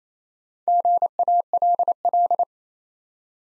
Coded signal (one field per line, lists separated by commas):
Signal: Morse code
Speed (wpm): 29 wpm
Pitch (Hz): 700 Hz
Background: none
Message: GALL